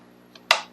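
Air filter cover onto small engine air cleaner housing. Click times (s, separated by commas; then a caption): 0.5 s. A plastic air filter cover is pressed onto the air cleaner housing of a Briggs & Stratton 550EX small engine. A faint tick at 0.4 s comes before one sharp, loud snap at 0.5 s that quickly fades. The cover is latched and seated in place.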